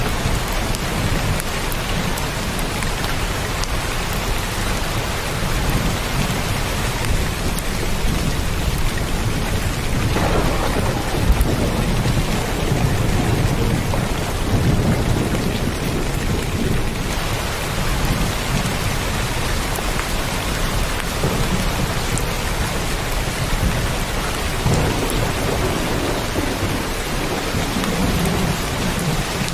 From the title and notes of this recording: Thunder Storm. The occasional clap of thunder punctuates the scene, followed by a resonating echo that carries across the expansive soundscape. The thrum of rain on rooftops and windows accompanies the thunder's rhythmic drumming.